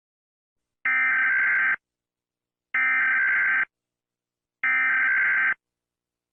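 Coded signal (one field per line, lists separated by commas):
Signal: Emergency Alert System (SAME) tones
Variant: header bursts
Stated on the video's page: Fictional scenario made in collaboration.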